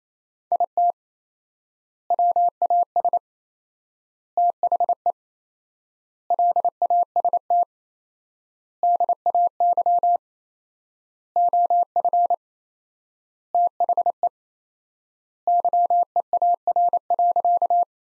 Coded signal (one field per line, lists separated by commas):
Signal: Morse code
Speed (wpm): 27 wpm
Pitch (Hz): 700 Hz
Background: none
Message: IT WAS THE LAST DAY OF THE YEAR.